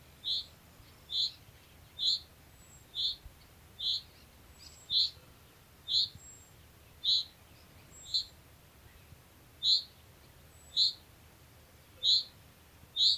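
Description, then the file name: Common chaffinch call, a clipped high note repeated roughly every second, about thirteen times. "Fringilla coelebs"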